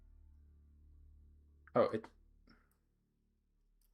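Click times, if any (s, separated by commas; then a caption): none. Someone pushes the plastic head of a robot model kit onto its neck joint over a low steady hum, and a short burst of sound around 1.7–2.0 seconds carries someone talking. The head has not clicked into place, as it failed to click on.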